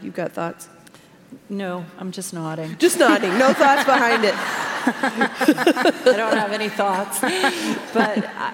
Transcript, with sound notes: You have thoughts?
No, I’m just nodding. (laughter)
Just nodding! No thoughts behind it.
I don’t have any thoughts, but